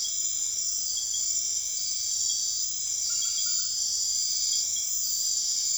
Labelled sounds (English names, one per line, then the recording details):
none
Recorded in secondary vegetation near Puerto Asís, Putumayo, Colombia, on 23 June 2025 at 22:00
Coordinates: 0.500, -76.326
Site GP08